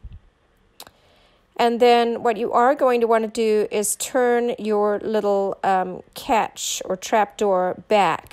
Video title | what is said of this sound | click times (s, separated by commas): CASSETTE TOILET of the Hymer Aktiv . . . explained | it back in until it clicks and then | 0.8 s